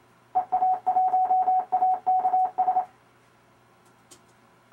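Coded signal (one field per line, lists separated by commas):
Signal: Morse code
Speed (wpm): 28 wpm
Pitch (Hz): 740 Hz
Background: none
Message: EA1AKS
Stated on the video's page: RufzXP program sending amateur callsigns in Morse for copying practice, aimed at CW contesting.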